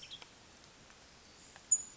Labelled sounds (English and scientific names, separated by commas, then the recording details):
Western Tanager (Piranga ludoviciana)
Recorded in Sonoma County, California